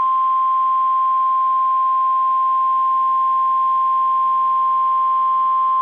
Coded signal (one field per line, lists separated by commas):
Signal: Emergency Alert System (SAME) tones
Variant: 1050 Hz attention tone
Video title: 3-1-19 Winter Storm Warnings (EAS #300 - #301)